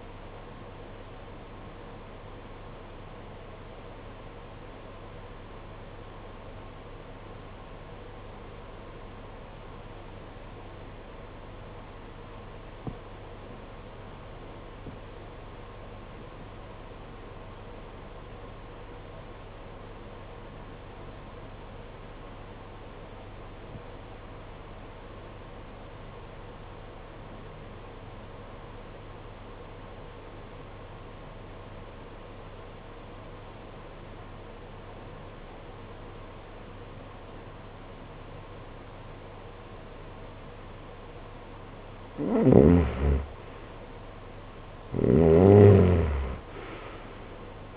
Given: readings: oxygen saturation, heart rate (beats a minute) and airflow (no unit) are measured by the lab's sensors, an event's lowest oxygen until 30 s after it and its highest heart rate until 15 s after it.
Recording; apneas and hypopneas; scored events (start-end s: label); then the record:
breathing in sleep by a voice recorder at the bedside; 1
3.00-43.40 s: obstructive apnea (REM, oxygen 95% highest, then 74% lowest, heart rate 54 at the start, 85 highest)
From the record:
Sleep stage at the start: REM sleep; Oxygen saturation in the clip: 77 to 95%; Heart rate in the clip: 49 to 68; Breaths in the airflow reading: 2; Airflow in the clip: -17.9 to 13.6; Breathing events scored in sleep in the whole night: 476 in 9.7 hours asleep